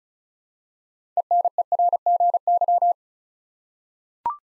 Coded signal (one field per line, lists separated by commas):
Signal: Morse code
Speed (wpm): 34 wpm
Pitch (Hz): 700 Hz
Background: none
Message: ENERGY